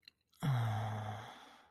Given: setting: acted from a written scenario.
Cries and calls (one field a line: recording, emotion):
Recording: vocal sound without words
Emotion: ecstasy